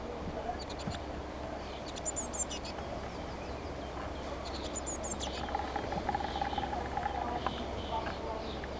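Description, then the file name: Eurasian blue tit calls: short groups of very high, thin notes, repeated a few times over steady low background noise. "Cyanistes caeruleus"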